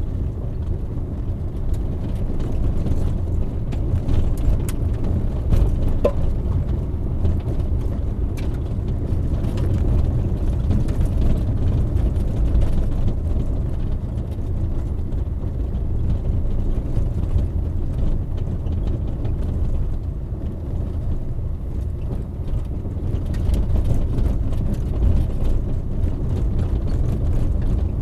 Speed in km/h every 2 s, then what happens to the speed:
24, 24, 27, 29, 31, 28, 24, 25, 25, 24, 24, 25, 26, 27.
0-7 speeds up to 31. 12-28 steady at about 25.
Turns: none.